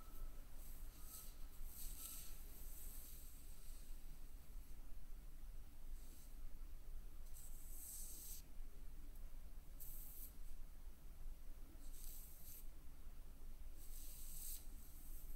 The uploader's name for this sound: makeup brush, feathers